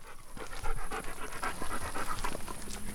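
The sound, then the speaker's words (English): A sheepdog named Paco pants steadily in the mountains, quick breathy huffs repeating in a fast, even rhythm at moderate loudness, with no voices over it. “Paco, il comprend les ordres.”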